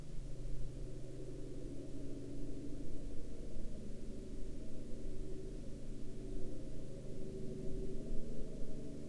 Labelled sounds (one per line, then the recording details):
truck
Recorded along the Dempster Highway, Canada, on 29 September 2020 at 04:02
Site 14